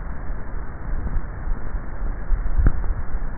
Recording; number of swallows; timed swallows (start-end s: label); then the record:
swallowing sounds by neck microphone; 1
2.42-3.15 s: swallow
From the record:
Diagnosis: dysphagia